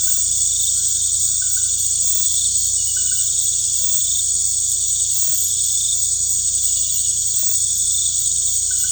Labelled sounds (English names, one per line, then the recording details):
none
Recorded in pastures near Puerto Asís, Putumayo, Colombia, on 16 December 2024 at 18:30
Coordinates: 0.472, -76.329
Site G072